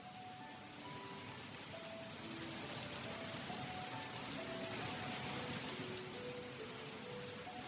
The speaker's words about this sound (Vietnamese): Không ngờ, đêm đến đột nhiên lại mưa to.